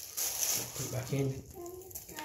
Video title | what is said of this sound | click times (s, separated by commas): Cheap way to refill your Tommee Tippee Sangenic Tec baby nappy bins | It'll only click in one way. So you put it in, click it, okay? That's that. | 1.9 s, 2.2 s